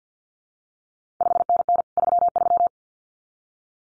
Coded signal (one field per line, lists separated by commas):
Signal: Morse code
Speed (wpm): 50 wpm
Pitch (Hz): 700 Hz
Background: none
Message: 5NN 33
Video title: CQ WW DX Contest Exchange Encore 50wpm